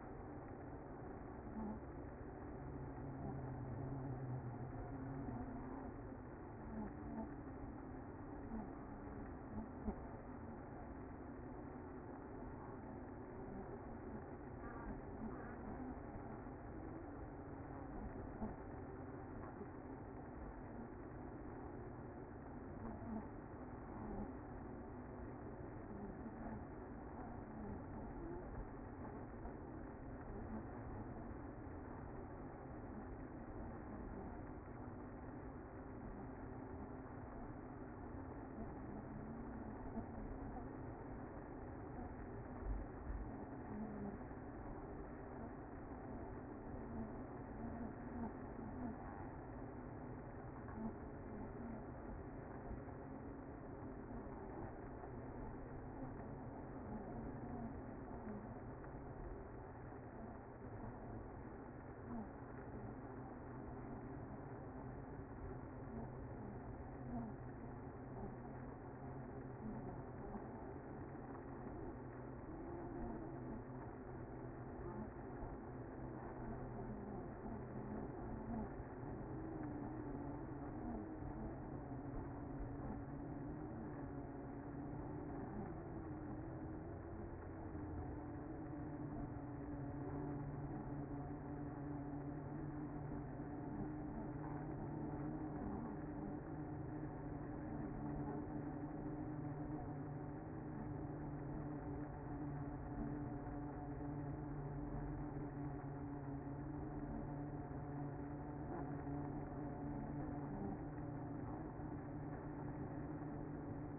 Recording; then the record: honeybee colony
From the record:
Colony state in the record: active